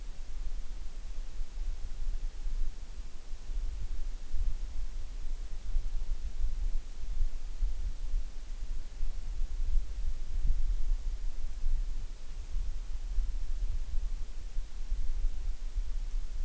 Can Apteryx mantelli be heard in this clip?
no